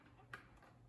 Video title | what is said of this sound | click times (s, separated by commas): How to Clean a Vicks Humidifier | and then you want to put this piece back on and it just pops right in so you can move it | 0.3 s